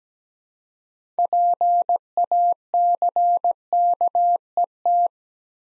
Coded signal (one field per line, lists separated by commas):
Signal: Morse code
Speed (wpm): 17 wpm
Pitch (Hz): 700 Hz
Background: none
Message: PACKET